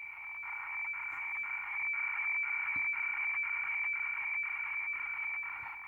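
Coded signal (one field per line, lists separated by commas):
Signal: weather fax (radiofax)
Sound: steady high tone over raspy warbling hiss, ticking rhythmically twice per second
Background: radio static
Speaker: just decoding some hfx and by remote control from the radio room which is 30 miles away a good copy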